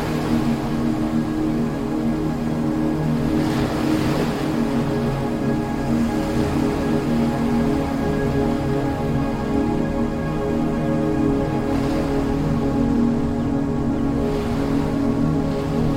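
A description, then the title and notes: Ocean waves make a steady, dense wash with a pattering texture like rain on a surface. Brighter surges rise around four, twelve and fifteen seconds, while a constant low hum runs underneath the whole time and the overall loudness stays even. The soothing sounds of ocean waves. The gentle rhythm of the waves.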